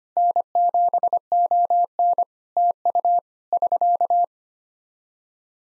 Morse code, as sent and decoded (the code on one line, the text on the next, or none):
-. --... --- -. / - ..- / ...-.-
N7ON TU <SK>